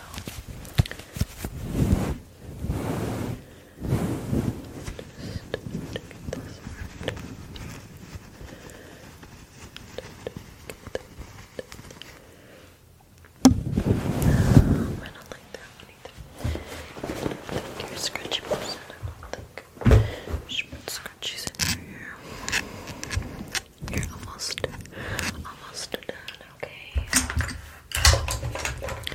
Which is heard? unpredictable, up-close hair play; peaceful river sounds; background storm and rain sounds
unpredictable, up-close hair play